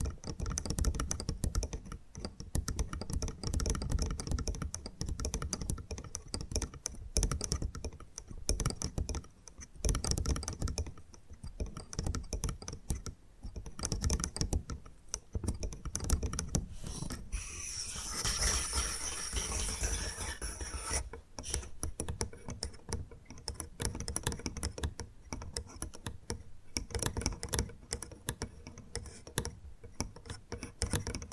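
Bamboo being tapped and scratched in dense, rapid clicking bursts, with a brighter brushing stretch from about seventeen to twenty-one seconds.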